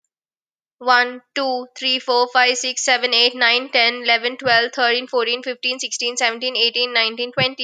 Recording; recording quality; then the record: counting at a fast pace; excellent, no background noise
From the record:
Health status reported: healthy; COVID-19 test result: negative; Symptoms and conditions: cough, cold, fever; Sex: female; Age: 29 years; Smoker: not ticked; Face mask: not worn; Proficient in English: yes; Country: India